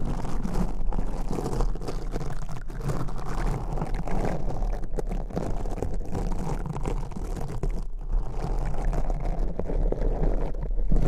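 Crunchy slime is squeezed and worked, giving a dense, unbroken stream of fine crackles and pops at a steady level. A low rumbling undertone runs beneath the whole clip, with brief sharper clicks scattered throughout.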